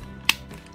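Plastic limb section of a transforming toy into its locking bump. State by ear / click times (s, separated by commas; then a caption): seated / 0.3 s. A plastic hand or arm section of a Transformers Kingdom Deluxe Tracks transforming toy robot is pushed upward until it snaps over a small internal bump. A single sharp, bright click sounds at 0.3 s against a quiet background. The part is seated, locked into place, completing the transformation.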